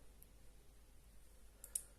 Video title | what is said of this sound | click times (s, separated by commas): How to change a watch strap - a simple guide | jiggle around till it snaps in and | 1.6 s, 1.8 s